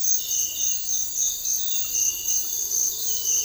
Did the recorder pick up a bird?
no